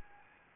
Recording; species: mosquito wingbeat signal from an infrared sensor; Anopheles gambiae